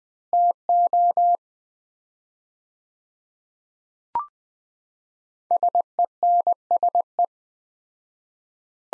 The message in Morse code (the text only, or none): TO SENSE